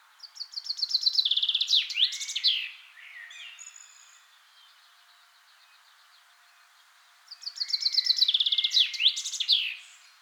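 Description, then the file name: Common chaffinch singing twice, each phrase a rapid cascading trill of sharp notes ending in an emphatic flourish, about seven seconds apart, with soft chirps between. "Fringilla coelebs"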